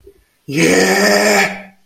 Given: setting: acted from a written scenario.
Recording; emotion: vocal sound without words; triumph